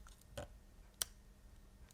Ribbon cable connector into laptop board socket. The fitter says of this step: Je crois qu'on sent un petit clic qui indique qu'on est bien connecté.